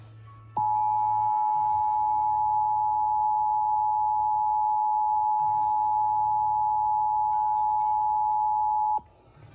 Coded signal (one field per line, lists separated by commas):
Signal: Emergency Alert System (SAME) tones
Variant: 853 and 960 Hz attention tone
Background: music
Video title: EAS Alerts From 2/6/25 (EAS #3560-3566)